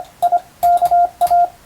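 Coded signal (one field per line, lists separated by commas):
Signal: Morse code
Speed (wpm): 25 wpm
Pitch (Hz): 700 Hz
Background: radio noise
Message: IKA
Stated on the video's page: Hand-keyed Morse on a telegraph key, sent as receiving practice for the Japanese radiotelegraph operator exam, using a European-language telegram practice book.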